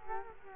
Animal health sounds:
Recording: mosquito wingbeat signal from an infrared sensor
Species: Culex quinquefasciatus

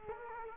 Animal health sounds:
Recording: mosquito wingbeat signal from an infrared sensor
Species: Culex quinquefasciatus

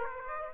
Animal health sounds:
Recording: mosquito wingbeat signal from an infrared sensor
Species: Aedes aegypti

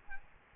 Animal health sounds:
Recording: mosquito wingbeat signal from an infrared sensor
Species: Aedes albopictus

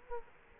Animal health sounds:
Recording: mosquito wingbeat signal from an infrared sensor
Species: Culex quinquefasciatus

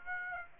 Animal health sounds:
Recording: mosquito wingbeat signal from an infrared sensor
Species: Aedes aegypti

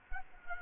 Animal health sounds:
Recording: mosquito wingbeat signal from an infrared sensor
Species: Culex quinquefasciatus

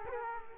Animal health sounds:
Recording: mosquito wingbeat signal from an infrared sensor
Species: Culex quinquefasciatus

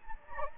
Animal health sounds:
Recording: mosquito wingbeat signal from an infrared sensor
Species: Anopheles gambiae

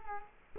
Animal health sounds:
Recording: mosquito wingbeat signal from an infrared sensor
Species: Culex quinquefasciatus

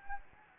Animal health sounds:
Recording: mosquito wingbeat signal from an infrared sensor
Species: Anopheles gambiae

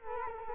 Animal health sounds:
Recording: mosquito wingbeat signal from an infrared sensor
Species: Culex quinquefasciatus

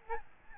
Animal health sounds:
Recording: mosquito wingbeat signal from an infrared sensor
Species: Aedes albopictus

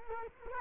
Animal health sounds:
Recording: mosquito wingbeat signal from an infrared sensor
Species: Culex quinquefasciatus

